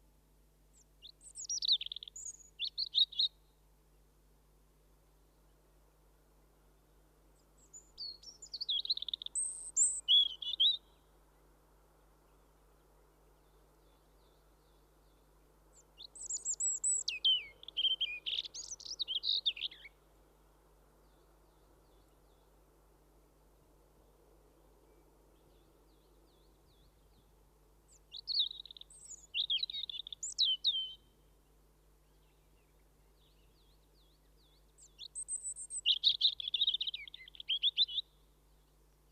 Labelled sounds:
European Robin song

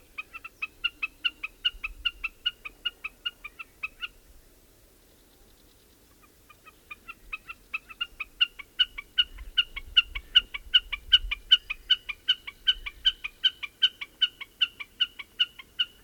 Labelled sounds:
Common Snipe call

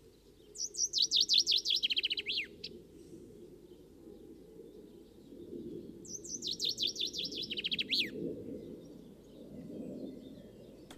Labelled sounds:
Common Chaffinch song

